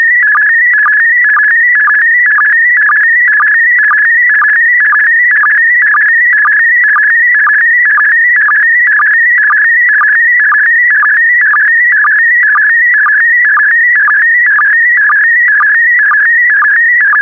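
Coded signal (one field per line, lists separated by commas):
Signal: SSTV (slow-scan television)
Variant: PD120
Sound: steady warbling, chirping tone with a regular ticking dip about twice a second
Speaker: Five, four, three, two, one. Transmission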